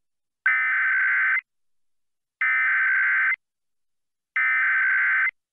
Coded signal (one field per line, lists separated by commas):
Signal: Emergency Alert System (SAME) tones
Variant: header bursts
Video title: EAS Mini-Timeline Vermont Tests It's AMBER Alert Network (Child Abduction Emergency)